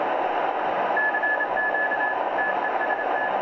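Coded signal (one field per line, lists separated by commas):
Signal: Morse code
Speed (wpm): 27 wpm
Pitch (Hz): 1700 Hz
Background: radio noise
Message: CQ TEST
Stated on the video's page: CW test transmission on 28.007 MHz from Germany, received in Brazil on a Sony 7600GR with an aluminium vertical antenna for 28 MHz.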